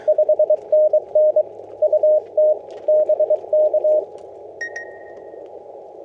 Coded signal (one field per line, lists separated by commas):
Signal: Morse code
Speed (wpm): 22 wpm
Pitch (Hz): 610 Hz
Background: radio noise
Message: 5NN UT BK